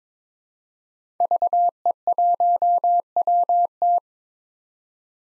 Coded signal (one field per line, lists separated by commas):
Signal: Morse code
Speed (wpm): 22 wpm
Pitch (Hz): 700 Hz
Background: none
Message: VE1WT